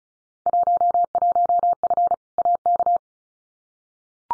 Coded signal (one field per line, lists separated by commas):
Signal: Morse code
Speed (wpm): 36 wpm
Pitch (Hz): 700 Hz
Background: none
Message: 11F AK